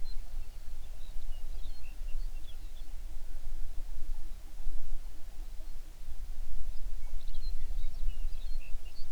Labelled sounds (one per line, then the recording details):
songbird
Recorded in the Prudhoe Bay oil fields, Alaska, on 11 June 2019 at 05:02
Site 21